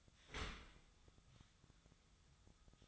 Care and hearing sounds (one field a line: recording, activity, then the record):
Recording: daily activity, microphone in the room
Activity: open dishwasher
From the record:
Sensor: 3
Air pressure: 1004.7 hPa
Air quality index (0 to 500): 96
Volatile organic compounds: 3 ppm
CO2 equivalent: 1496 ppm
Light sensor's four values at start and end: 7/18/7/7 and 7/18/7/7